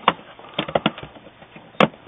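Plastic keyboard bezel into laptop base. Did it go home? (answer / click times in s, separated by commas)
yes / 0.1 s, 1.8 s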